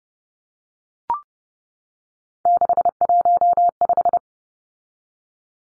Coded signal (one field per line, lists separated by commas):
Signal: Morse code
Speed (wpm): 30 wpm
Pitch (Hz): 700 Hz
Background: none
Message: 615